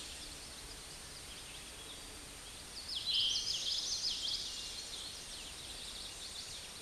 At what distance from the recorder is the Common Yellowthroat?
about 30 m